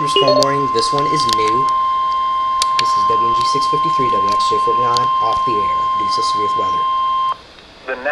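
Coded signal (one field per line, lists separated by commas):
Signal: Emergency Alert System (SAME) tones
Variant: 1050 Hz attention tone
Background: speech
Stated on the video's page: SAME alert tones captured from three stations, one in northeastern Texas, one in southwest Arkansas, and weather radio station KHB41, including severe thunderstorm warnings, watches and weekly tests.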